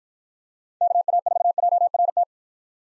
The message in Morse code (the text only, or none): KA4JRT